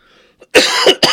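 An adult man coughs a few times; he has recently caught a cold.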